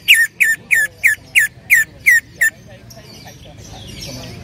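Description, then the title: Greater green leafbird calls: eight sharp, downslurred notes repeated evenly about three per second, then quiet background hiss. Female calling to a male; described as gacor hiper, meaning very active and vocal. "CUCAK IJO BETINA GACOR HIPER MEMANGGIL JANTAN"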